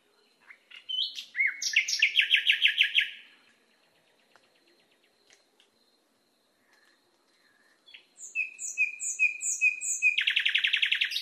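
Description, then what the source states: Nightingale song with a rattling trill, a quiet pause, then repeated whistled notes running into a fast churring trill. Masteran recording, made for training cage birds to sing.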